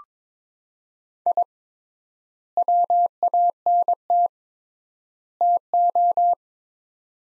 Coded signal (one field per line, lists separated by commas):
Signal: Morse code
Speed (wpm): 22 wpm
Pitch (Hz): 700 Hz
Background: none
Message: I WANT TO